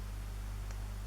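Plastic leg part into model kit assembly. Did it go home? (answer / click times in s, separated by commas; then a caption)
yes / 0.7 s. A plastic leg part is turned around and pushed into a model kit assembly over a steady low hum and faint noise. A small, brief click sounds at 0.7 s as the part seats in place.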